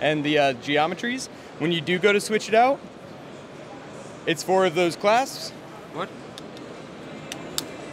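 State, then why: Released. Someone talks over a quiet background while a person flips open the four clasps that hold the film on the vat of a Nexa3D XiP resin 3D printer. Two sharp clicks sound at 7.3 s and 7.6 s as the clasps release so the whole film can be taken out.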